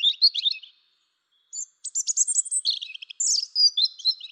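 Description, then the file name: European robin song: thin high twittering notes, a brief pause, then a longer run of sparkling trills and warbles that jump between pitches. "Erithacus rubecula"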